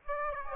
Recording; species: mosquito wingbeat signal from an infrared sensor; Aedes aegypti